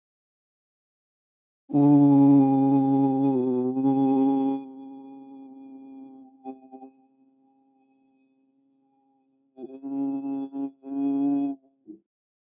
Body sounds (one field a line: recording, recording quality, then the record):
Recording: sustained vowel as in boot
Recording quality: excellent, no background noise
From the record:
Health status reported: respiratory illness, not identified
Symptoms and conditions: asthma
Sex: male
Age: 22 years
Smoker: not ticked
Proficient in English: yes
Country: United States